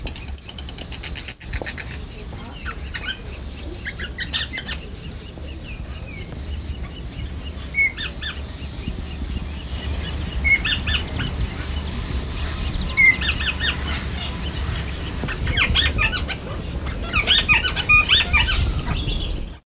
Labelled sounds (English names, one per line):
Red-capped Parrot call